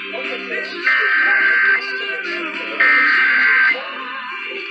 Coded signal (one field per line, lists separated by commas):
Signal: Emergency Alert System (SAME) tones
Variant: header bursts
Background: speech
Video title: Los Angeles Required Monthly Tests (EAS #510-523) 10/30/18